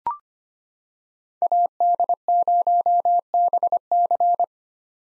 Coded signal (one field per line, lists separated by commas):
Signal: Morse code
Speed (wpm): 25 wpm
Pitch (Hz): 700 Hz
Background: none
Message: AD0BC